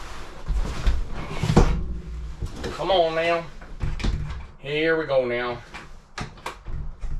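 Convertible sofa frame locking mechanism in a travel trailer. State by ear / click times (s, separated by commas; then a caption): seated / 6.2 s, 6.5 s. A convertible sofa bed frame in a travel trailer is folded back into its sofa position while someone talks, with thumps and rustling from the frame. Two sharp clicks at 6.2 s and 6.5 s mark the frame latching, and the sofa locks into place.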